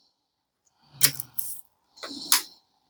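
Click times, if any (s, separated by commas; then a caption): none. A small fitting is handled against a piece of model railway track as the second part is brought to it. Short bright clicks and scraping contact sounds are heard around 1.0–1.5 s and 2.0–2.6 s. Nothing has seated or clicked home yet.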